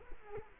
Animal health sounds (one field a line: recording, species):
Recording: mosquito wingbeat signal from an infrared sensor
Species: Culex quinquefasciatus